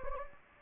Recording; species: mosquito wingbeat signal from an infrared sensor; Anopheles gambiae